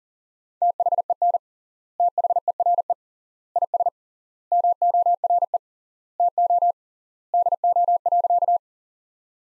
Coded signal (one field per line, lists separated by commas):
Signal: Morse code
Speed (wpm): 40 wpm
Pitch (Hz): 700 Hz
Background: none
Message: THEN THERE IS MORE TO DO.